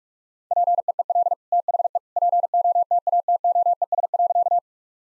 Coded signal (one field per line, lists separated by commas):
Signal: Morse code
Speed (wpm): 46 wpm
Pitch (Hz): 700 Hz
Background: none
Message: PEEL THE POTATOES.